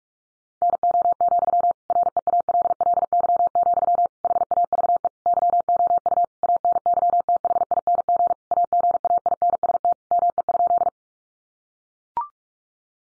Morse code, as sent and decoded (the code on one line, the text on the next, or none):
-. --- --..-- / .-. . .- .-.. .-.. -.-- --..-- / .... .- ...- . / -.-- --- ..- / .- -. -.-- - .... .. -. --. / .- --. .- .. -. ... - / -- . ..--..
NO, REALLY, HAVE YOU ANYTHING AGAINST ME?